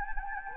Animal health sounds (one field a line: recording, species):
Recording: mosquito wingbeat signal from an infrared sensor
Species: Anopheles gambiae